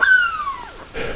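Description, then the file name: Wattled curassow giving a brief whistled call that slides downward and fades within about a second, followed by a soft burst of background noise. "Wattled Currassow Karunkelhokko"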